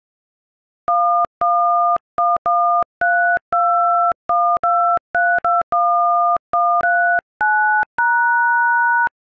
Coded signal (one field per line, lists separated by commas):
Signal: DTMF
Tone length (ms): 390 ms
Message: 11113212321139#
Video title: Auld Lang Syne - Dial Pad